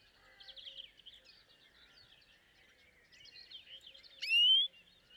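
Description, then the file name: European greenfinch: soft twittering, then a single loud, rising drawn-out whistle near the end. "Chloris chloris"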